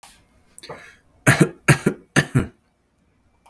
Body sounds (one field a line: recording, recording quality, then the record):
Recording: shallow voluntary cough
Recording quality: excellent, no background noise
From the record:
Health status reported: exposed to COVID-19, no respiratory illness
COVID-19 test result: negative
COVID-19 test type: rapid antigen test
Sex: male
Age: 31 years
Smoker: yes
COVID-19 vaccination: both doses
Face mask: not worn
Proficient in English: yes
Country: Canada